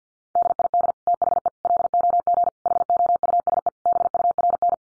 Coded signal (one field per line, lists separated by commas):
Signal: Morse code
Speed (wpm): 50 wpm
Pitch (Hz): 700 Hz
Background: none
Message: DID THE LOG HOUSE BURN